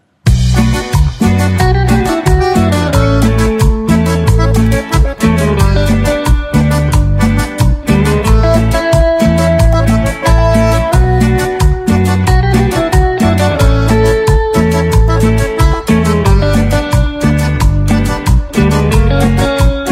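A song played on the radio show Poné la Pava, loud and continuous, driven by a steady drum beat and heavy bass, with sustained melodic lines running over the rhythm throughout.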